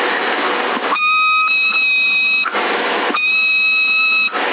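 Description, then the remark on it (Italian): A CB radio carrier in Sassari, held while someone whistles during a modulation test: two steady, sustained high whistles, each lasting over a second, over a quiet carrier, separated by bursts of harsh, narrow-band radio static hiss. “io sto usando un 48, prova, tieni la portante fischia e poi tieni la portante e parla.”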